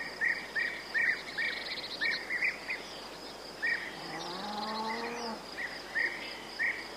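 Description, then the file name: Cow giving one drawn-out, slightly rising moo midway, while a bird repeats short bright chirps and insects hum steadily. Cows mooing in a village, with birds and cicadas. "derevnya ptici cikadi michanie korov"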